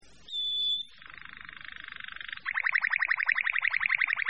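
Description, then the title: Bird song opening with a pure, level whistle, then a soft buzzy note, followed by a fast, evenly pulsed trill of many short notes. "manuk campur"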